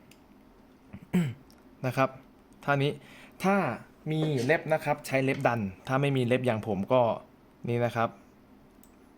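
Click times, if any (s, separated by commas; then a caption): 8.8 s. Someone talks while pushing a SIM card with a fingertip into the spring-loaded push-push SIM slot of an emii MF105B-4G 4G security camera. A short click is heard at 8.8 seconds as the card latches and seats in the slot.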